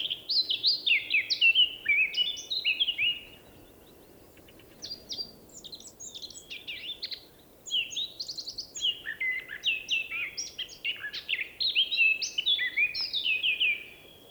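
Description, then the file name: Eurasian blackcap singing a long, fast warble of mixed whistles and twittering notes in several bursts with brief pauses between. "Sylvia atricapilla"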